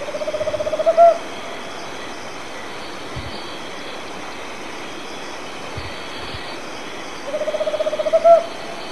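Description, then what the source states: Tropical Screech-Owl giving two purring trills several seconds apart, each a rapid run of low hoots closing with two emphatic notes, over steady background noise. Recorded in Argentina.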